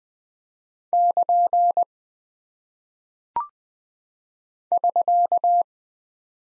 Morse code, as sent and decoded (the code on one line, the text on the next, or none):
-.--. / ...-.-
<KN> <SK>